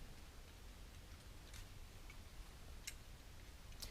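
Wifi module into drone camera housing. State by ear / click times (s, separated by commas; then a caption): seated / 2.9 s. A wifi module is pressed back into its housing while a DJI Phantom 2 Vision+ drone camera is reassembled after removing the module to heatsink it. Faint ticks sound at 2.1 s and 3.8 s, and the sharpest snap comes at 2.9 s, when the module seats nice and snug in the housing.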